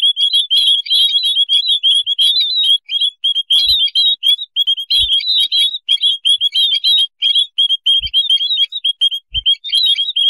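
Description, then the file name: White-headed munia calling in near-continuous streams of short, high notes, with faint low thuds now and then. "beyaz basli mannikin otusu serinofil"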